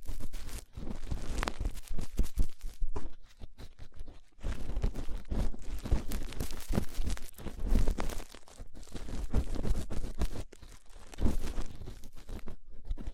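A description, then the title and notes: Rough ear cleaning: dense, crackling scratches and rubbing come in irregular bursts, with short breaks near 0.6, 4.3 and 8.7 seconds. The scraping is gritty and busy, with a dull low thumping underneath throughout. ASMR Rough Ear Cleaning (No Talking).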